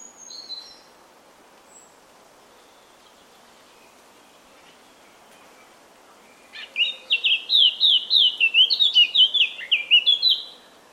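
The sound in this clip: Eurasian Blackcap song: a brief faint chirp, several quiet seconds, then a fast burst of rich whistled, warbling notes lasting about four seconds.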